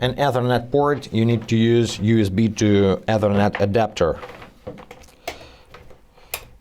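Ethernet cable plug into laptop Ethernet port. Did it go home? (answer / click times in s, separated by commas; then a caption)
yes / 6.3 s. Someone talks, then an RJ45 Ethernet cable plug is pushed into a laptop's Ethernet port with a few soft handling taps. The plug's plastic latch gives a sharp click at 6.3 s, the loudest hit after the talking, as it seats in the port.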